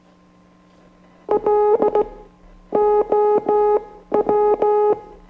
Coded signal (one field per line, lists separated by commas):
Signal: Morse code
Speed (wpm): 16 wpm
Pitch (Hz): 420 Hz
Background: music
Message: LOW